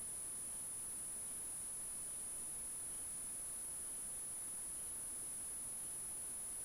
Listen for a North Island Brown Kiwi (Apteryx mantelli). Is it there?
no